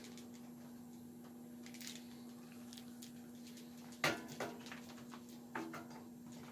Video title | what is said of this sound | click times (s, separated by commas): Camping Shower | snapped right in and | 4.0 s